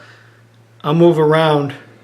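Someone talks briefly while handling a small #4-40 machine screw at the threaded aluminum plate of a bipod lowering kit, with a steady low hum underneath. The screw is being turned in reverse so its thread can drop in, but nothing has seated or clicked yet.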